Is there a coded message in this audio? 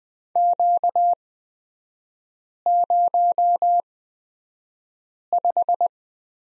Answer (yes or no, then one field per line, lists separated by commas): yes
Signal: Morse code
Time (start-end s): 0.4-5.9 s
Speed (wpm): 20 wpm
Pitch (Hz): 700 Hz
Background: none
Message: Q05